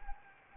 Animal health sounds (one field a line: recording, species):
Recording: mosquito wingbeat signal from an infrared sensor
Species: Anopheles gambiae